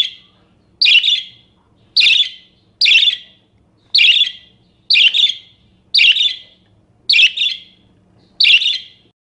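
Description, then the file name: Parakeet repeating loud, grating high chirps almost once a second in a fairly quiet background. "suara-burung-parkit -omkicau"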